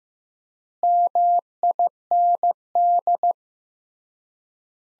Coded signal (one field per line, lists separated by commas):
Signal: Morse code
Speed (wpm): 15 wpm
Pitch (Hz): 700 Hz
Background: none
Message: MIND